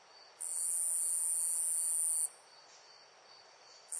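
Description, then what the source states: Insect chirping, a loud high sustained trill lasting nearly two seconds, then quiet, with a faint steady background hiss and another trill starting at the end. Loud insect chirps in a nature ambience.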